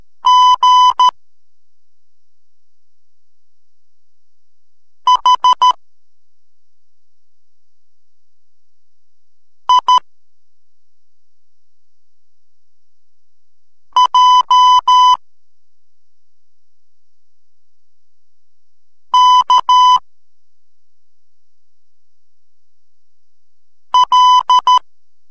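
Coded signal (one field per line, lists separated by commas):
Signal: Morse code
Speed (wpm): 13 wpm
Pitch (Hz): 1000 Hz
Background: music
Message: G H I J K L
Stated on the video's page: Morse code tutor for learning the alphabet and numerals 0-9.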